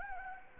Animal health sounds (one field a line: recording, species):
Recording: mosquito wingbeat signal from an infrared sensor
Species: Anopheles gambiae